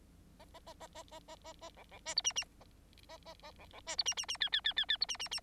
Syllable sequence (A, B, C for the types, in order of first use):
A A A A A A A A A B B C D E E A A A A B B C D E E E F F F F F D E E E